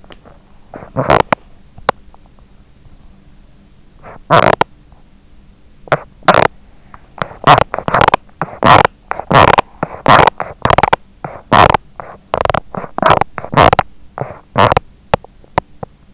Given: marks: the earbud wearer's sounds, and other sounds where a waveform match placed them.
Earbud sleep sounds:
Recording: sounds in sleep by an in-ear microphone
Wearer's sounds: teeth grinding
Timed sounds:
0.00-2.42 s: teeth grinding
3.89-16.14 s: teeth grinding

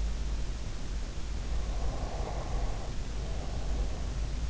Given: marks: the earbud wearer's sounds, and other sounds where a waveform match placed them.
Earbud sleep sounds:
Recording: sounds in sleep by an in-ear microphone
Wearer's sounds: breath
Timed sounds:
1.69-4.43 s: breath

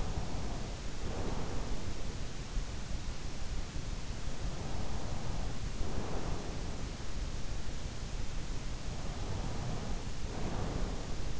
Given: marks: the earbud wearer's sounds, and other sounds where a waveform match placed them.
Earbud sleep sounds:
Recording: sounds in sleep by an in-ear microphone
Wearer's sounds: breath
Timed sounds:
0.00-2.01 s: breath
4.72-7.10 s: breath
9.00-11.40 s: breath

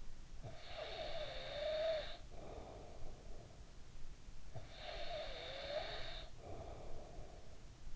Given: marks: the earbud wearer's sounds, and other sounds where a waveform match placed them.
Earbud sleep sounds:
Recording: sounds in sleep by an in-ear microphone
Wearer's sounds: snoring breath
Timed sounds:
0.13-4.11 s: snoring breath
4.25-7.96 s: snoring breath

